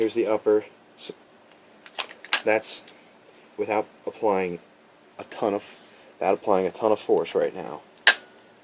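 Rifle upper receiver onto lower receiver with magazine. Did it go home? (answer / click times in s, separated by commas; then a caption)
partly / 8.1 s. Someone talks while a rifle upper receiver is closed onto the lower receiver with an E-Lander stainless steel USGI-style M16 magazine inserted. A sharp click at 8.1 s is heard as the upper reaches as far as it will go. It stops short of fully closing, and force is needed to push the pin in.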